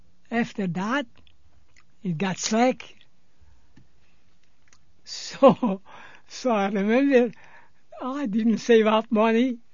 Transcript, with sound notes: After that it got slack. (he laughs) So, so I remember, I didn't save up money.